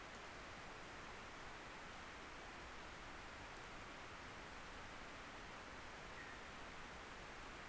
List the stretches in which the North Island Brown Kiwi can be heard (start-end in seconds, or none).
none